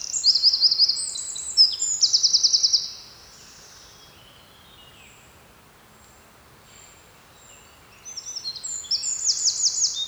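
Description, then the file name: Eurasian wren, two bursts of song: an opening rush of high trills and rattles, a pause of several seconds, then another rapid trilled phrase. "Troglodytes troglodytes"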